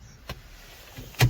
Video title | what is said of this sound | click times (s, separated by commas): T6.1 California Ocean - Four Seasons Campers | and click into place. | 1.2 s